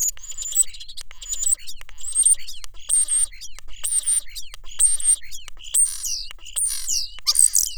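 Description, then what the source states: European Starling song: a rapid medley of high thin whistles, clicks and buzzy rattling phrases in repeated bursts. Song provided by neuroscientist Justin Kiggins, who studies auditory perception and the brains of communicating birds.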